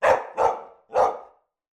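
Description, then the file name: Labrador retriever barking: three harsh barks in quick succession, the first two running together, the third after a brief pause, then silence. Labrador retriever barking indoors. "dog labrador barking internal"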